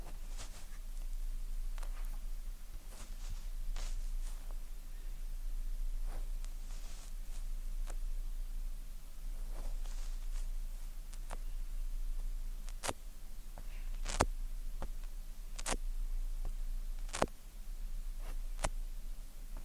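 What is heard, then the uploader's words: Crisp tweezer clicks and small sticky taps from ear cleaning come at an irregular pace, a few every second. Several sharper, louder snaps stand out in the second half. A steady low hum and faint hiss sit underneath throughout. Ear Cleaning. Tweezers. Sticky Sounds. (No Talking).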